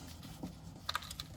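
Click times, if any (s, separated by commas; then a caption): none. An electrical connector is pushed by hand into the electric parking brake motor on the rear brake caliper of a 2016–2021 Honda Civic during a rear pad and rotor job. A low steady background gives way to a few small, sharp plastic taps at about 0.9, 1.0 and 1.2 seconds. The plug has not seated or clicked yet when the clip ends.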